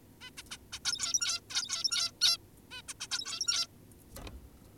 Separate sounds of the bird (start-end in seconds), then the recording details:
0.21-0.30, 0.38-0.43, 0.51-0.58, 0.73-0.79, 0.85-1.41, 1.50-2.12, 2.21-2.38, 2.71-2.82, 2.88-2.94, 3.00-3.08, 3.11-3.67. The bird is an adult. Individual g17y2U